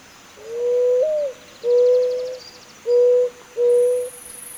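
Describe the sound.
Zenaida dove with a four-note cooing phrase, low and mellow: a long inflected opening coo, a sustained second, then two short coos. A faint high tone appears near the end.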